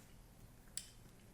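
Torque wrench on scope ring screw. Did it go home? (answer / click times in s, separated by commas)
yes / 0.8 s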